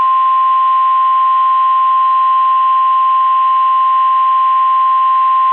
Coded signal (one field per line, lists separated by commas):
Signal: Emergency Alert System (SAME) tones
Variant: 1050 Hz attention tone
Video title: EAS 3.5: Actual Recording (Severe Thunderstorm Warning w/ Tones)